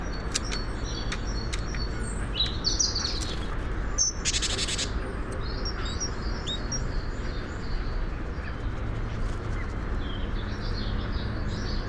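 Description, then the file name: Great tit giving one short, harsh churring rattle, with thin high chirps from other birds and a steady low rumble throughout. "Parus major"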